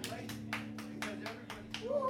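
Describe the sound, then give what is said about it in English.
Light, polite golf-style applause: a thin, steady patter of claps at an even rhythm, moderately loud, over a constant low hum, with a brief rising whistle-like tone near the end. “Thank you for that polite golf applause.”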